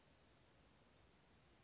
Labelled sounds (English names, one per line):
Western Flycatcher